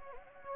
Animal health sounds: mosquito wingbeat signal from an infrared sensor; Anopheles gambiae

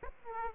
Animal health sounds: mosquito wingbeat signal from an infrared sensor; Aedes aegypti

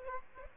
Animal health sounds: mosquito wingbeat signal from an infrared sensor; Aedes aegypti

